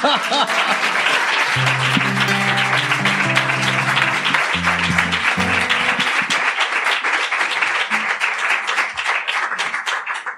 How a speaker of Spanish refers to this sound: Un aplauso.